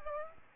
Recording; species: mosquito wingbeat signal from an infrared sensor; Aedes aegypti